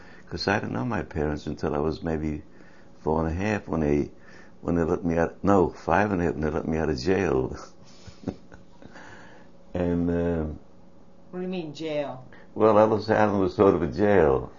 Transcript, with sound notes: 'Cause I didn't know my parents 'til I was maybe four and a half when they - when they let me out of - no, five and a half when they left me out of jail. (Laughs)
What do you mean, jail?
Well, Ellis Island was sort of a jail.